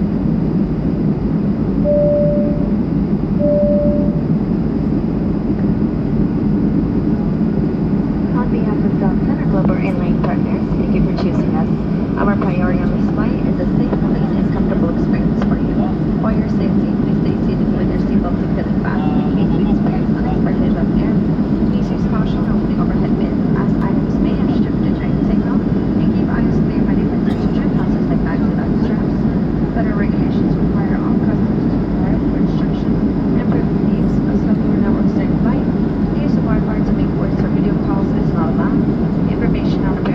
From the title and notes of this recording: Airplane waiting for departure. Waiting to leave San Antonio.